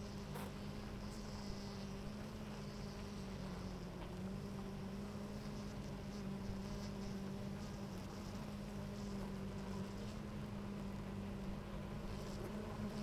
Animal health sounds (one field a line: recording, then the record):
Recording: honeybee colony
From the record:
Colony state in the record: active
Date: 28 July 2017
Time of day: 9:53